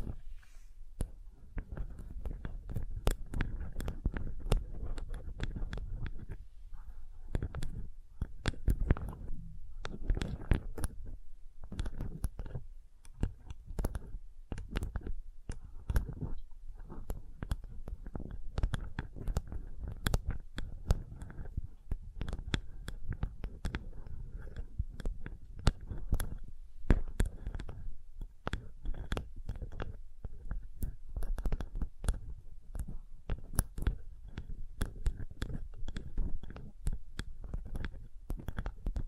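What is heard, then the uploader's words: Sensitive tapping runs through the whole clip as a dense, irregular stream of soft taps, some clustered in quick bursts and others spaced apart. Each tap is a brief, crisp click over a low, dull thud, with short quiet gaps between groups. Sensitive Tapping.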